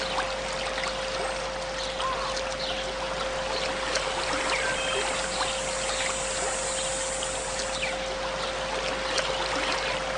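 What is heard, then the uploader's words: A river flows in a steady, dense wash of water sound, with small splashes and clicks scattered through and a faint constant tone underneath. River, forest.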